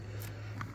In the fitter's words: easiest pie pop it on clicks back in